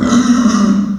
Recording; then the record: squeal of a Yucatan mini pig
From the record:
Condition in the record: after surgery on the right vocal fold (resection and tissue-engineered implant); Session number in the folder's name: 9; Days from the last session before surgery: 65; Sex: female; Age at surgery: 19 weeks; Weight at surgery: 25 kg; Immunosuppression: prednisolone